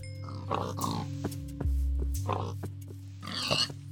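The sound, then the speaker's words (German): Several short, nasal pig grunts and oinks in a video game as the player kills pigs for food, set over a steady low electronic hum with brief higher squeals between them. No one speaks. “Wir müssen hier nicht die gesamte Population der Schweineherden ausrotten.”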